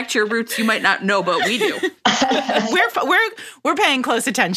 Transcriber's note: laughter